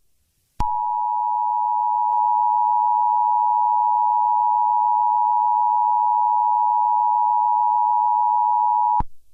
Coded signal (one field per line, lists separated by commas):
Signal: Emergency Alert System (SAME) tones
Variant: 853 and 960 Hz attention tone